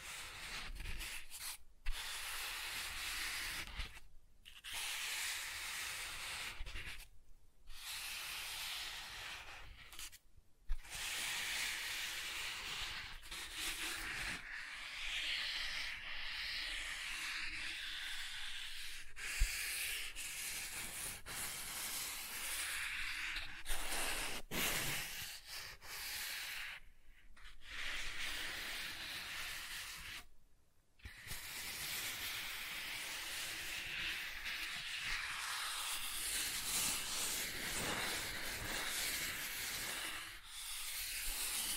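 Soft tracing over smooth and rough surfaces makes a steady, bright rubbing hiss, broken by brief silent pauses every few seconds early on.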